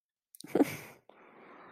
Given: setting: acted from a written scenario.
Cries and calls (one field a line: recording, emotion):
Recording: vocal sound without words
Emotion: shame